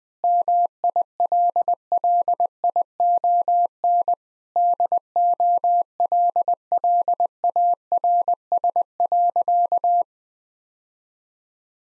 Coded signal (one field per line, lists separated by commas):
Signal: Morse code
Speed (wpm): 21 wpm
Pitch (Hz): 700 Hz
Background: none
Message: MILLION DOLLARS.